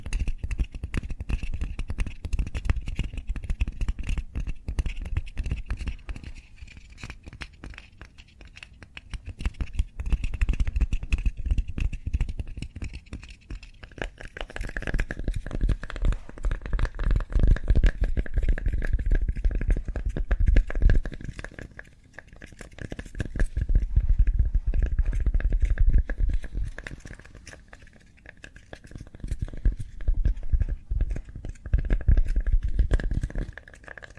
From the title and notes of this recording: ASMR Cork Triggers. (No Talking).